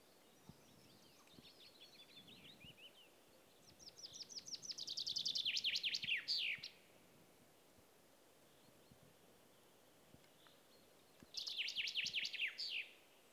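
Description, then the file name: Common chaffinch song heard twice: a quick, rattling trill that descends and ends in a sharp flourish, with softer chirps before it over a steady background hiss. "Fringilla coelebs"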